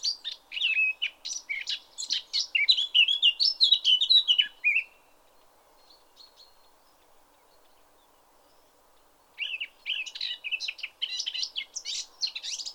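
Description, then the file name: Eurasian blackcap pouring out a rich, scratchy warble for about five seconds, pausing, then resuming, over a faint steady background hum. "Sylvia atricapilla"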